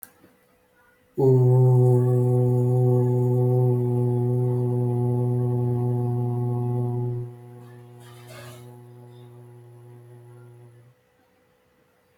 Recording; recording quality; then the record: sustained vowel as in boot; excellent, no background noise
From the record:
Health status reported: healthy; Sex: male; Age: 29 years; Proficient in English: yes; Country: India